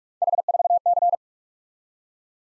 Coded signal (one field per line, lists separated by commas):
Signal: Morse code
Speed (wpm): 44 wpm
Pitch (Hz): 700 Hz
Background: none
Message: H4C